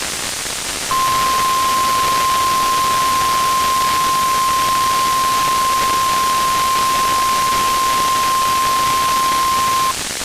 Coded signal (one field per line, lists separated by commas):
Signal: Emergency Alert System (SAME) tones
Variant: 1050 Hz attention tone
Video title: NWR Weekly Tests (11/23/22)(EAS 1292-1297)